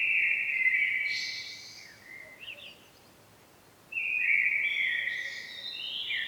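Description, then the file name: Common blackbird song: a clear fluted phrase with a squeaky tail, a quiet gap, then a second whistled warble closing high. "Turdus merula"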